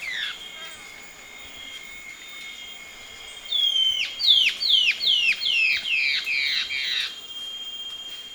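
Bird calls after a few seconds of faint whistles: a long thin note breaks into about eight sharp descending notes in quick succession, tailing off, over a steady high tone.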